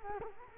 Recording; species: mosquito wingbeat signal from an infrared sensor; Culex quinquefasciatus